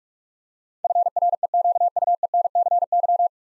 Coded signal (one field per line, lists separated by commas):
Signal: Morse code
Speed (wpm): 44 wpm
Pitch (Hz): 700 Hz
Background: none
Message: FREQUENCY